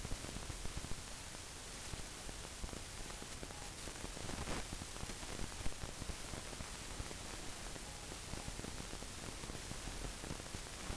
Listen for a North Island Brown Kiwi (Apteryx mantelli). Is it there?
no